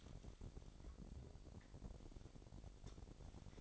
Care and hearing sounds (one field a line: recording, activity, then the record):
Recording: daily activity, microphone in the room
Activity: take from stove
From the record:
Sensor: 5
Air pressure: 1012.1 hPa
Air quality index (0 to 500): 235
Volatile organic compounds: 4 ppm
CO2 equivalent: 1560 ppm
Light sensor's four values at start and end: 51/115/49/54 and 51/116/49/53